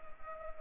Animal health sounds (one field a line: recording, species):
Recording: mosquito wingbeat signal from an infrared sensor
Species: Anopheles arabiensis